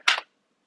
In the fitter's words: on its own lock into place that's ready of course i didn't mention the safety glasses